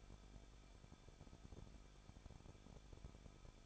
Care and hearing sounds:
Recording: daily activity, microphone in the room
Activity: no activity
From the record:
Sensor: 5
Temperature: 20.7 degrees Celsius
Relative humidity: 38.7%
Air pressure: 1006.5 hPa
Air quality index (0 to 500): 193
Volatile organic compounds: 21 ppm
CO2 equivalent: 2725 ppm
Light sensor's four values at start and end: 2/3/1/1 and 2/3/1/1

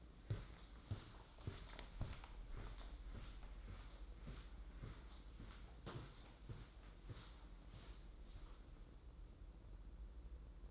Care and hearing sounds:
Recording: daily activity, microphone in the room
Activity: walk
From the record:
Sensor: 3

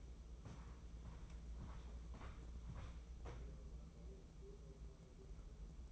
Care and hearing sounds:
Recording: daily activity, microphone in the room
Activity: walk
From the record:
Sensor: 1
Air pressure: 996.0 hPa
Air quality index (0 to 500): 242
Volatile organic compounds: 1000 ppm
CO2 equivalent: 7060 ppm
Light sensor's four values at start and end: 37/92/39/47 and 39/97/41/50

